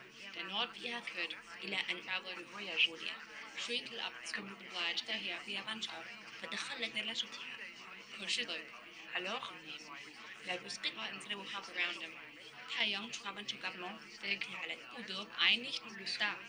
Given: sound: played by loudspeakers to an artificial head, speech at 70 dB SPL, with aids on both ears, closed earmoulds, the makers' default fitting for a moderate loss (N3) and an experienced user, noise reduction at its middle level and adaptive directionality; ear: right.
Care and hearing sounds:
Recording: speech test signal (ISTS) in cocktail-party noise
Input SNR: 0 dB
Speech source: in front (0 degrees)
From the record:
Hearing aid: class 2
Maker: F

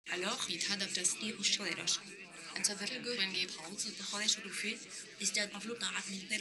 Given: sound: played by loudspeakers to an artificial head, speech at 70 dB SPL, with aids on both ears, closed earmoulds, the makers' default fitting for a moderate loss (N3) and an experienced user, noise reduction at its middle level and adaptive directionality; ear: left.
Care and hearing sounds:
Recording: speech test signal (ISTS) in cocktail-party noise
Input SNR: +6 dB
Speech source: in front (0 degrees)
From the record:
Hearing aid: class 1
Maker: H

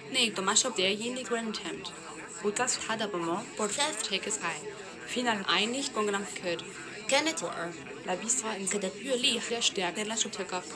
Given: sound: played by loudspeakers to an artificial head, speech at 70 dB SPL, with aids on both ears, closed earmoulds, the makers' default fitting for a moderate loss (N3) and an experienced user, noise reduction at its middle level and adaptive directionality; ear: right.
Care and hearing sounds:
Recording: speech test signal (ISTS) in cocktail-party noise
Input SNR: 0 dB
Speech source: in front (0 degrees)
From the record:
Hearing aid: class 2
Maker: E

